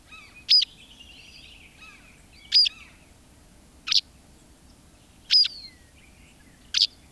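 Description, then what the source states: White Wagtail calls: five sharp, high chirps spaced about one to two seconds apart, with softer trilled twitters between them. Field recording from Finland by Ilkka Heiskanen, released on cassette in 1987.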